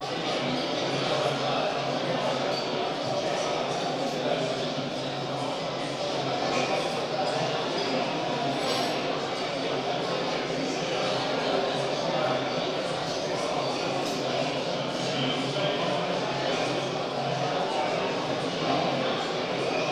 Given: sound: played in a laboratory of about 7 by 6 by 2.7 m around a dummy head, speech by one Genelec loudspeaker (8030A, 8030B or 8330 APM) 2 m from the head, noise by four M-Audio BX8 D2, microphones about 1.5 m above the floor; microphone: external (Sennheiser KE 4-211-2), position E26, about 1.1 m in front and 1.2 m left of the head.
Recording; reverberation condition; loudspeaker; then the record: cafeteria noise; high; four, about 170 cm from the corners of the room and facing them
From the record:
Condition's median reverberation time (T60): about 1300 ms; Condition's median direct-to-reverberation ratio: about -4.0 dB